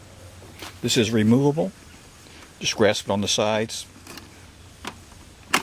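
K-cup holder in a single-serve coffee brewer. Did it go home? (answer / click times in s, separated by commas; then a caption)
released / 5.5 s. Someone talks while grasping the removable plastic K-cup holder of a Keurig K55 Classic single-serve coffee brewer by its sides and pulling it out of the brewer head. A couple of faint ticks at 4.2 s and 4.9 s lead up to a sharp, loud snap at 5.5 s as the holder snaps out and is released.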